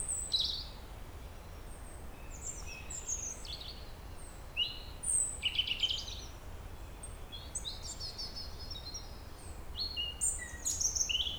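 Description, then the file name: European robin song: a busy run of high, thin, twittering and trilled phrases, fluting notes jumping in pitch throughout, over a low rumbling background. "Erithacus rubecula"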